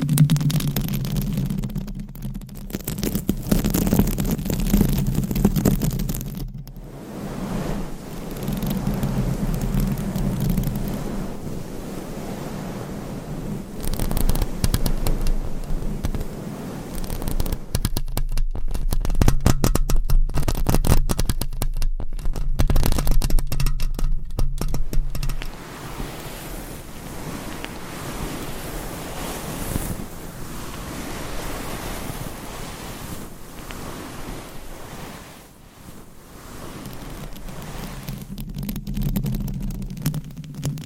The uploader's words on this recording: ASMR Mic Scratching - Brain Scratching with 20 MICS No Talking for Sleep with Long Nails.